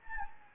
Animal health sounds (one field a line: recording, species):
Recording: mosquito wingbeat signal from an infrared sensor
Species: Anopheles gambiae